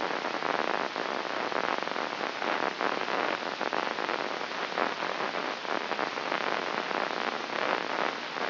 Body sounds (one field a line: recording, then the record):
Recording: brain microelectrode recording played as sound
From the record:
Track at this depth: inside the subthalamic nucleus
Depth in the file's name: 3.722 mm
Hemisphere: left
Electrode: 3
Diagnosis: Parkinson's disease